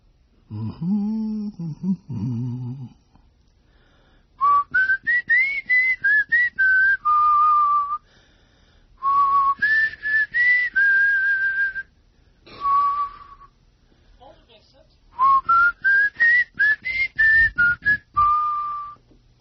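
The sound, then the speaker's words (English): Someone whistles a melody in several phrases, the clear high tone gliding up and falling back, with short pauses between, after a brief low voiced sound at the start. “Now my voice and my whistling, is that going back at me?”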